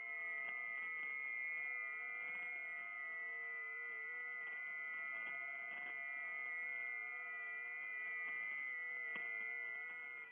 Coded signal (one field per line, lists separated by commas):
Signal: FT8